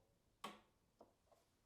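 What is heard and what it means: Rolling the throttle forward releases the engaged cold start knob on a snowbike engine, and it disengages with a single sharp tick at 0.4 s. Two much fainter ticks follow at about 1.0 s and 1.3 s.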